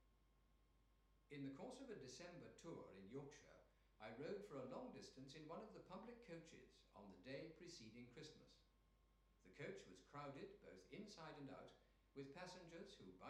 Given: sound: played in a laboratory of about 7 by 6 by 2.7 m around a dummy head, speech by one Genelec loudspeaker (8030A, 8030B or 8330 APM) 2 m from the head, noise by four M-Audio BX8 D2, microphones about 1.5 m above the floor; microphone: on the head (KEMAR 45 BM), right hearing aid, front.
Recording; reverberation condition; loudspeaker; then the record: male speech in English; medium; in front (0 degrees)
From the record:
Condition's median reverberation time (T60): about 510 ms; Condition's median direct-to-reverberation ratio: about -0.5 dB